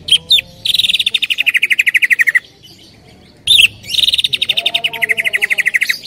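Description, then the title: Greater green leafbird call: a few sharp high notes, then a rapid buzzy trill sliding downward, repeated in two bouts separated by a short silence. Female calling to a male, described as very vocal and persistent. "CUCAK IJO BETINA GACOR HIPER MEMANGGIL JANTAN"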